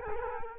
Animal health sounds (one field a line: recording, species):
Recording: mosquito wingbeat signal from an infrared sensor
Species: Culex quinquefasciatus